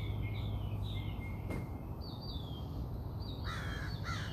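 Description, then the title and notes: Bird calls, thin whistled notes followed by a couple of harsh, cawing calls near the end, over a steady low rumbling background. Birds singing outside the recordist's house. "Bird Songs Part Two. More bird songs outside my house"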